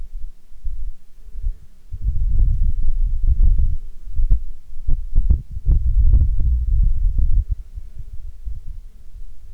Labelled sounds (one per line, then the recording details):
wind
insects
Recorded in Ivvavik National Park, Yukon, on 29 June 2019 at 20:41
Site SINP09